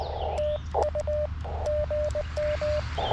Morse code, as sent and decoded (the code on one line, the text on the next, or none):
- ..- / --. --
TU GM